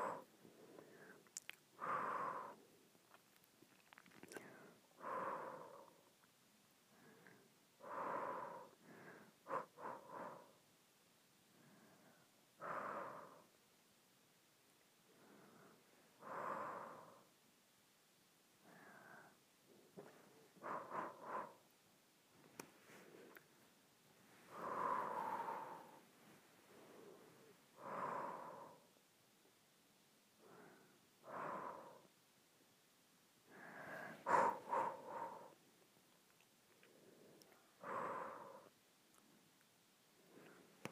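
Short breaths are blown out one after another, each a soft airy puff lasting about a second. They come in loose clusters with brief pauses, roughly twenty across the clip, some stronger and breathier than others. Between puffs there is near silence.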